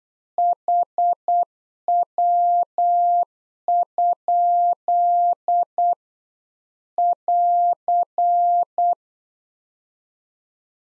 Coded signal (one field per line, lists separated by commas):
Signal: Morse code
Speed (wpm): 8 wpm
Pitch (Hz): 700 Hz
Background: none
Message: HW? <AR>